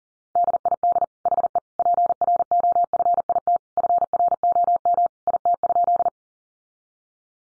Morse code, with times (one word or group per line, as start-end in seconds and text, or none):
0.4-1.0 DID
1.3-1.6 HE
1.8-3.6 PROFIT
3.8-5.1 FROM
5.3-6.1 IT?